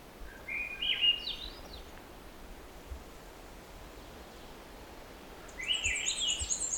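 Black-and-white Warbler song: thin, very high, squeaky notes repeated quickly near the end, after a short rising phrase early on; soft hiss throughout.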